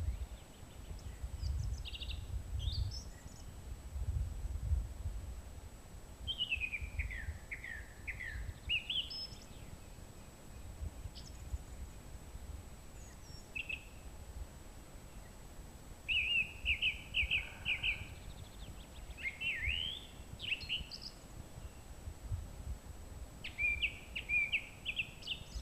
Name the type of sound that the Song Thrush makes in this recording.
song